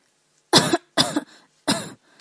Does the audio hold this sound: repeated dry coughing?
yes